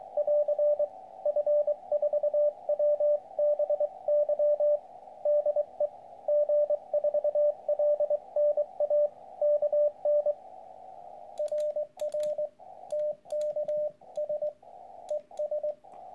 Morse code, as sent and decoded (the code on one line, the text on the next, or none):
.-.-. / ..-. ....- .-- -... -.-- / -.. . / --. ....- .-.. -. .- / -.- -. / .-. .-. / - -.- ... / . ...
<AR> F4WBY DE G4LNA KN RR TKS ES